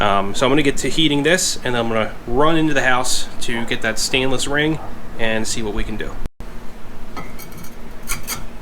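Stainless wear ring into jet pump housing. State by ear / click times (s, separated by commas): not seated / none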